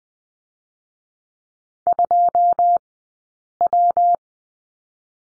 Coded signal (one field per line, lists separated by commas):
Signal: Morse code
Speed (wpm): 20 wpm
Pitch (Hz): 700 Hz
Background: none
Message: 2 W